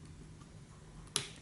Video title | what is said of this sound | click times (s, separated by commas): Nikon Coolpix AW110 review - GPS & Wi-Fi wmu all-weather underwater camera | You hear a click, | 1.2 s